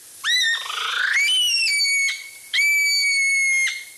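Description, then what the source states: Okarito brown kiwi calling, three shrill rising whistles, the first brief and the last two each held about a second, with a rougher buzzy sweep after the first. Described as an unsettling call from New Zealand.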